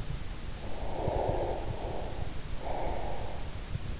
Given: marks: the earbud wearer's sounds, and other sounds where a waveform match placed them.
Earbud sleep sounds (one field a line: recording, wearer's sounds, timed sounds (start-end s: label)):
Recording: sounds in sleep by an in-ear microphone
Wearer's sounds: breath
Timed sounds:
0.62-3.63 s: breath